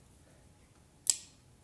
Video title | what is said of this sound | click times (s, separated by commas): Unboxing the Zentron USA Q50 thermal optic | actually locks and then I don't if you guys will be able to see this | 1.1 s